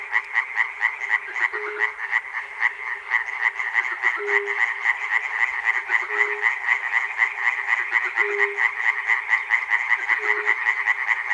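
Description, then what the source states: Many frogs croaking at once in rapid rattling pulses, punctuated about every two seconds by a short low sustained note. Frogs recorded at Chernobyl.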